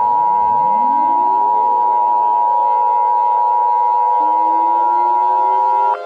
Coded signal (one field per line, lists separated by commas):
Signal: Emergency Alert System (SAME) tones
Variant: 853 and 960 Hz attention tone